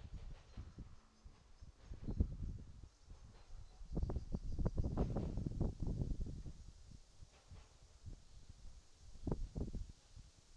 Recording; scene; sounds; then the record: everyday scene through a hearing-aid microphone; wind on the microphone; wind, traffic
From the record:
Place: in front of a rural house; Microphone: in the ear canal, right